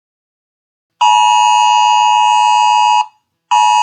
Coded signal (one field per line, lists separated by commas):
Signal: Emergency Alert System (SAME) tones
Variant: 853 and 960 Hz attention tone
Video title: The Awakening EAS Scenario - Epilouge Part 8